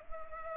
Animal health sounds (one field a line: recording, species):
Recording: mosquito wingbeat signal from an infrared sensor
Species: Culex pipiens